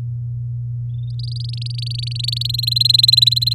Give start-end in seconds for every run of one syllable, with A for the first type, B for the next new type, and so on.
1.10-2.47 A, 2.49-3.53 B